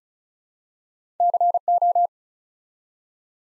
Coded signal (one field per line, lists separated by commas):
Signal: Morse code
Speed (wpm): 36 wpm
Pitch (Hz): 700 Hz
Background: none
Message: CO